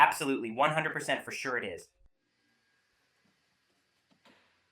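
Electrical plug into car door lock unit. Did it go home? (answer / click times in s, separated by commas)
yes / 4.2 s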